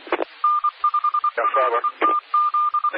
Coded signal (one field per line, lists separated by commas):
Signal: Morse code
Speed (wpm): 24 wpm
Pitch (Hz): 1200 Hz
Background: speech, radio noise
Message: N5LTZ